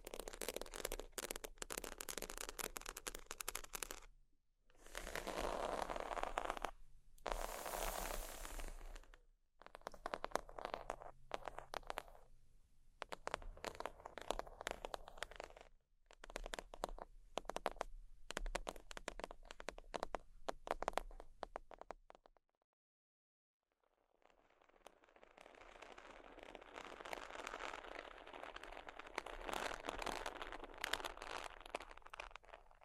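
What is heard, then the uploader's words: Sheets being handled: scratching and tapping in dense, irregular bursts of crisp, rustling noise broken by short silences near 4, 7, 9, 16 and 22 seconds. The last stretch from about 24 seconds is a steadier, softer scratching that runs to the end. ASMR Extremely Sleepy Sheets Scratching Tapping（No Talking）.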